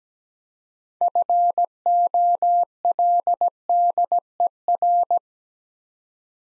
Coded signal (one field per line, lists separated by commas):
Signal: Morse code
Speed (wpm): 17 wpm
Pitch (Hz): 700 Hz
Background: none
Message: FOLDER